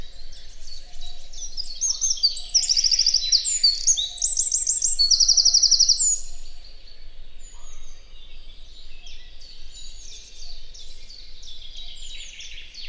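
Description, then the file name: Eurasian wren song: a loud burst of shrill notes and machine-gun trills for about four seconds, then quieter high twittering phrases continue. "Troglodytes troglodytes"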